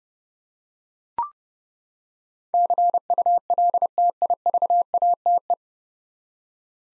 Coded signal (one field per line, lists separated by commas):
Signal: Morse code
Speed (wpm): 30 wpm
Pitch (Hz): 700 Hz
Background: none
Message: CULTIVATE